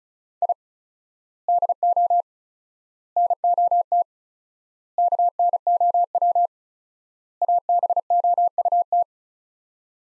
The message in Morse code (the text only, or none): I DO NOT KNOW ABOUT